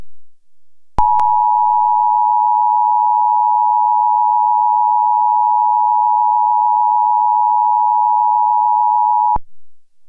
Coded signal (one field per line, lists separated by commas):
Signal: Emergency Alert System (SAME) tones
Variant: 853 and 960 Hz attention tone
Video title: EAS Scenario - "The Valley Fire" September 12, 2015 Middletown, CA